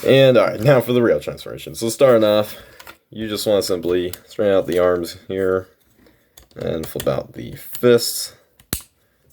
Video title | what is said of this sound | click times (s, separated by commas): Transformers Studio Series 86 Leader Class Slug review | they click and to swivel them around do the same thing right over here | 8.7 s